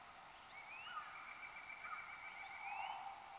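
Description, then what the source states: American goldfinch calls: thin whistled notes that sweep up and down, a few quick rising slurs, heard faintly over a steady background hiss. 1 January 2015.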